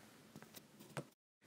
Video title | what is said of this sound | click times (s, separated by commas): Assembling the Televes DATBOSS MIX UHF/VHF Antenna | once you've got it in push down on the plastic Tab and click it in place | 0.4 s, 1.0 s